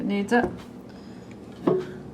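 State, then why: Seated. During reassembly after cleaning a Mahlkonig Pro M Series coffee grinder, the removable top assembly, likely the burr carrier, is set back onto the grinder body. Someone talks briefly at the start, and the top drops into its seat with a sharp click at 1.7 s. It is seated in place.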